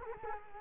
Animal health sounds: mosquito wingbeat signal from an infrared sensor; Culex quinquefasciatus

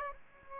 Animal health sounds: mosquito wingbeat signal from an infrared sensor; Aedes albopictus

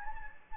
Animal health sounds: mosquito wingbeat signal from an infrared sensor; Anopheles gambiae

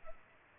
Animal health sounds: mosquito wingbeat signal from an infrared sensor; Culex pipiens

